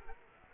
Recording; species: mosquito wingbeat signal from an infrared sensor; Culex quinquefasciatus